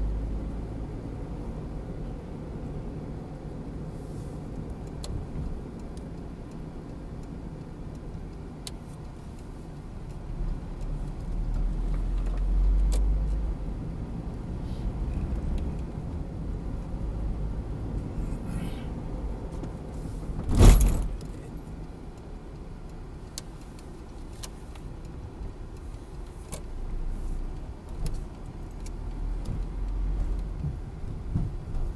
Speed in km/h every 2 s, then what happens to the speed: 39, 41, 40, 33, 25, 16, 15, 27, 34, 40, 35, 25, 16, 9, 11, 14.
4-11 brakes to 15. 12-17 speeds up to 40. 19-26 brakes to 9. 26-32 steady at about 11.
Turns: 7-10, 22-25.